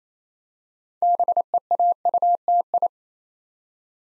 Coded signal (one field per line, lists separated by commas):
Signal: Morse code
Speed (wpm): 28 wpm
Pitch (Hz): 700 Hz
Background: none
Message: BEAUTI